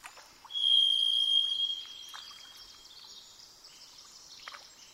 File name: jh-040427-variedthrush